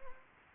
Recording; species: mosquito wingbeat signal from an infrared sensor; Anopheles gambiae